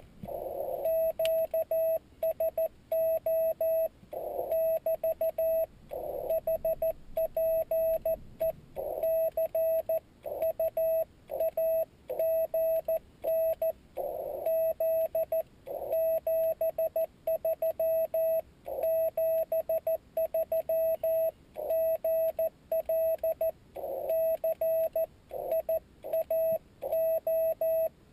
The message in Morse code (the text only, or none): QSO <BT> HPE CU AGN Z 73 73 GL CIAO